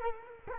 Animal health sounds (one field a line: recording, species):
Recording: mosquito wingbeat signal from an infrared sensor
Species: Culex quinquefasciatus